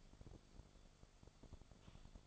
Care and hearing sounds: daily activity, microphone in the room; typing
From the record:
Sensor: 5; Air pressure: 1004.6 hPa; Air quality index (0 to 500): 168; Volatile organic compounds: 4 ppm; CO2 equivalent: 1578 ppm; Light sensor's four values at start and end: 18/43/17/16 and 18/43/17/16

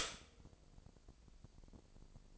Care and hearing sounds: daily activity, microphone in the room; stop toaster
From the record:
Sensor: 5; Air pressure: 1007.2 hPa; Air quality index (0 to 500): 122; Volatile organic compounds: 1 ppm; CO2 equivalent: 929 ppm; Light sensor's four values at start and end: 29/66/28/29 and 29/66/28/29

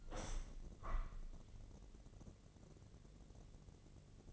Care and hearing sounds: daily activity, microphone in the room; open window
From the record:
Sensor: 4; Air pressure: 1013.2 hPa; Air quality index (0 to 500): 171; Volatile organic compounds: 2 ppm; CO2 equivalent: 1078 ppm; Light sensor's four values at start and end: 71/176/73/75 and 67/166/69/72

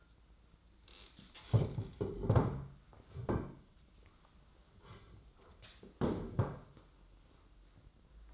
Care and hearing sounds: daily activity, microphone in the room; stand up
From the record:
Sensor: 3

